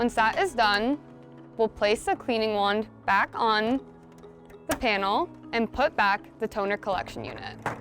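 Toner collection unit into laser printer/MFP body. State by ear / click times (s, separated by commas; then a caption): not seated / none. Someone talks while the plastic toner collection unit is handled for return into the front of a Sharp multifunction laser printer, after the cleaning wand goes back on the panel. Speech fills the clip over a steady background tone, with no distinct impacts. The unit has not clicked into place or seated yet.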